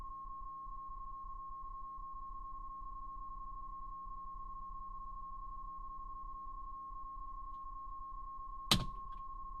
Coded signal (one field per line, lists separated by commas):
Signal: PSK31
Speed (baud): 31.25 baud